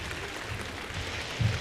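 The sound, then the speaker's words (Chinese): An audience at Peking University applauds a traditional crosstalk (xiangsheng) performance, a dense wash of many hands clapping steadily at an even level that swells slightly near the end, with no voices heard. “感谢您的掌声， 谢谢， 谢谢大家 啊。”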